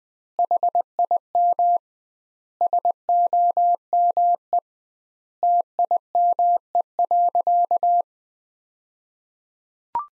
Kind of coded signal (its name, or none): Morse code